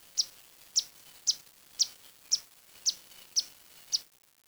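Bird giving sharp high chip notes, eight in a row about every half second, evenly spaced, then silence.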